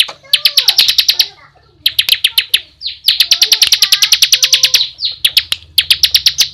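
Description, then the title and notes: Bar-winged prinia delivering rapid rattling trills of bright clicks in repeated bursts, with faint softer lower notes beneath. Ngebren song style, used as a tutor recording for training caged white-rumped shamas. "Ciblek Ngebren Untuk Masteran Murai Batu. Suara burung ciblek"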